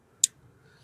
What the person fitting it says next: Hear the snap? That's what matters.